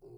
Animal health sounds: pig call; weaner (32 to 43 days)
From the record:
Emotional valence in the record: negative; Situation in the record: restrain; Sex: male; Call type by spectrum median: low-frequency call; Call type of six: low-frequency stable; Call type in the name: low-frequency stable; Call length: 0.18 s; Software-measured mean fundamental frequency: 58 Hz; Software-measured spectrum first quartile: 195 Hz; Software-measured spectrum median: 349 Hz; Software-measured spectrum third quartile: 430 Hz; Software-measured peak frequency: 378 Hz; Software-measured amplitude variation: 113 dB a second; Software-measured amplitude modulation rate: 27.2 a second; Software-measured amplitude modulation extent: 4.1 dB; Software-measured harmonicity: 3.7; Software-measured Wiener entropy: 0.82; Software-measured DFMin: 1431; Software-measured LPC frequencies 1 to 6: 387, 2598, 3440, 4800, 6534, 7200 Hz

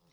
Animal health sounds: pig call; piglet (1 to 25 days)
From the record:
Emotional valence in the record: positive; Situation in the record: short reunion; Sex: female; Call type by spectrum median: low-frequency call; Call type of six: low-frequency tonal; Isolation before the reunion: 3 minutes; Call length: 0.13 s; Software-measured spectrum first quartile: 285 Hz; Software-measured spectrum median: 1312 Hz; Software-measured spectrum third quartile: 6062 Hz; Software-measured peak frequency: 156 Hz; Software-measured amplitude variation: 60 dB a second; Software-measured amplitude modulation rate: 11.5 a second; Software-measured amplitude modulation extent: 5.3 dB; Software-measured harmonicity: 4.6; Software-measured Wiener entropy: -1.96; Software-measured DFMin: 921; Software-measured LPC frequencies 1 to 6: 2151, 3174, 3903, 5546, 6709, 7769 Hz

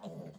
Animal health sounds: pig call; piglet (1 to 25 days)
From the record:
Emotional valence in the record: negative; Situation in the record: short isolation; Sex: female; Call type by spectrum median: low-frequency call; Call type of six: low-frequency stable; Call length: 0.39 s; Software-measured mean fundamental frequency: 51 Hz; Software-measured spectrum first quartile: 184 Hz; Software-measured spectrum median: 360 Hz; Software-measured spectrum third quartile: 667 Hz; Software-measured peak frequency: 181 Hz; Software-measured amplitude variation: 153 dB a second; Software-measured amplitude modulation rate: 21.8 a second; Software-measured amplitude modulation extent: 7.0 dB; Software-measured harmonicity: 2.6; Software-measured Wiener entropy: -0.03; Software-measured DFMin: 1128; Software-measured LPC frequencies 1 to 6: 571, 3180, 3915, 4602, 5659, 6710 Hz

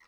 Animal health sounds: pig call; piglet (1 to 25 days)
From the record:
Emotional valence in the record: positive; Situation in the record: short reunion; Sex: female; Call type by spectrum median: low-frequency call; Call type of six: low-frequency tonal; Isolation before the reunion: 3 minutes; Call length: 0.08 s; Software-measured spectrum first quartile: 1553 Hz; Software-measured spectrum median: 2022 Hz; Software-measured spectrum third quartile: 3115 Hz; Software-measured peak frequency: 2041 Hz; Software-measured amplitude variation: 29 dB a second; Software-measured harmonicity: 3.6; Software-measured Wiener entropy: -1.45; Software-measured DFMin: 748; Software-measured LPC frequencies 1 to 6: 1078, 1989, 4109, 5507, 6388, 8059 Hz

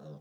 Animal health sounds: pig call; piglet (1 to 25 days)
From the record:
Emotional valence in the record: negative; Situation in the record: short isolation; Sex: female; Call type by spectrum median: low-frequency call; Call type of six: low-frequency stable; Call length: 0.20 s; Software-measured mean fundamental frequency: 71 Hz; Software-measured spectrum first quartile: 160 Hz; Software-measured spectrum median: 288 Hz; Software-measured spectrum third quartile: 568 Hz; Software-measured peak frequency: 531 Hz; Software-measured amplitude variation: 71 dB a second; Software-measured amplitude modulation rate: 27.1 a second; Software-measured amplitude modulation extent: 2.6 dB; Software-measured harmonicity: 2.2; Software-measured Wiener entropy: 0.04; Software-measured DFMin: 1090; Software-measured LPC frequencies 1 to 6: 533, 1321, 3794, 5574, 6565, 9261 Hz

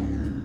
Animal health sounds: pig call; growing-finishing pig (85 days or more)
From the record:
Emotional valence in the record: negative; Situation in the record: barren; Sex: female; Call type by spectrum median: low-frequency call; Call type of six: low-frequency stable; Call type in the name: low-frequency stable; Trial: 1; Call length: 0.45 s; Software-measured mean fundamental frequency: 68 Hz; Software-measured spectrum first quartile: 93 Hz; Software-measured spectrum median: 198 Hz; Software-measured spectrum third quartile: 314 Hz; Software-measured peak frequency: 281 Hz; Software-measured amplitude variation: 112 dB a second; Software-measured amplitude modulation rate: 24.7 a second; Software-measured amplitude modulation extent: 4.5 dB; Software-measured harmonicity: -0.1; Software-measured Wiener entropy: -0.53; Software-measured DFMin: 1196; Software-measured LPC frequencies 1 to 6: 309, 1711, 3829, 4772, 5483, 6389 Hz

